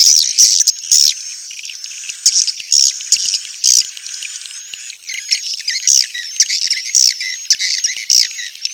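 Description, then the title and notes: Swiftlet chirping calls, high bright twittering notes in irregular bursts, busy throughout. Swiftlet sounds used for swiftlet farming in Asia. "Swiflet Bird Sound. Farming Swiflet Bird asia sound"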